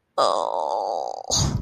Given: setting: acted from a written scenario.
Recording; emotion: vocal sound without words; embarrassment